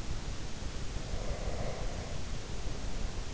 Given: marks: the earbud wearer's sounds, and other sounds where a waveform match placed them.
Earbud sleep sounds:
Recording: sounds in sleep by an in-ear microphone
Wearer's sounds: breath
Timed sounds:
1.13-3.17 s: breath

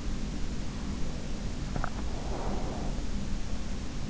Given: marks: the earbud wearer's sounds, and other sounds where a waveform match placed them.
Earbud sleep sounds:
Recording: sounds in sleep by an in-ear microphone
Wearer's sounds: breath, swallowing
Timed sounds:
0.83-3.17 s: breath
1.67-2.13 s: swallowing

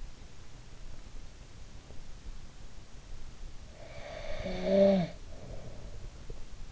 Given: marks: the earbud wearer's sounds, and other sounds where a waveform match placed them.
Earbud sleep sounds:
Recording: sounds in sleep by an in-ear microphone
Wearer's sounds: snoring breath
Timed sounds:
3.76-6.19 s: snoring breath

